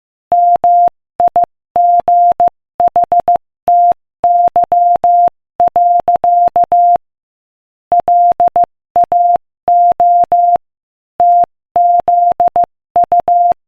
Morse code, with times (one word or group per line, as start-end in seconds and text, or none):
0.3-7.0 MIGHTY.
7.9-10.6 LAO
11.2-13.5 TZU